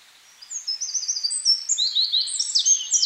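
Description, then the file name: Eurasian wren's high, hurried twittering notes running for nearly three seconds. "Troglodytes troglodytes"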